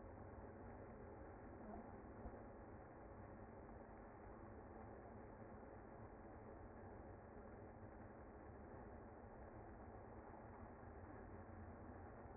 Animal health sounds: honeybee colony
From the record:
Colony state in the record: active

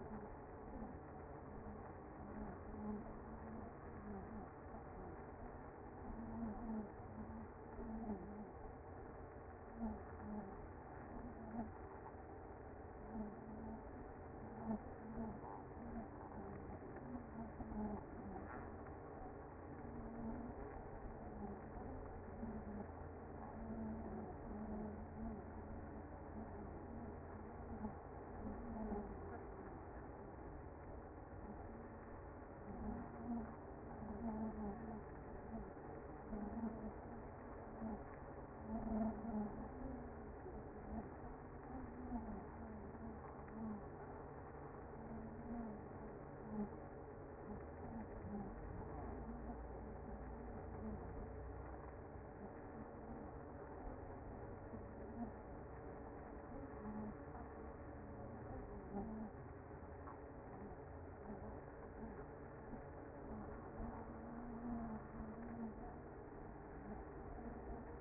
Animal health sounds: honeybee colony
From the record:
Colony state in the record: active

